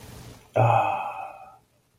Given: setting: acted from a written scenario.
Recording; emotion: vocal sound without words; contentment